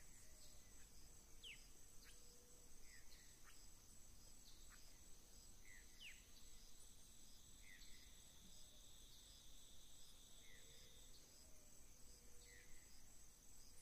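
Atlantic Forest ambience with a steady high insect drone, crickets chirping, and short bird calls every second or two over a low rumble.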